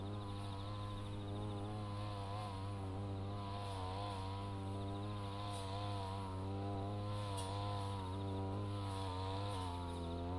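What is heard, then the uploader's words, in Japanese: A brush cutter runs steadily while mowing weeds between sweet potato rows, its motor holding a constant drone with many stacked tones that waver and dip slightly as the load changes. A faint high chirping of autumn insects sits above the engine throughout. 環境音 機械音あり サツマイモ畑の草刈り。サツマイモの畝間を行ったり来たり、ひたすら草刈り機で草刈りです。そして、夜も徐々に肌寒くなってきて、頑張っているのはひたすら相手を探す秋虫たちの鳴き声。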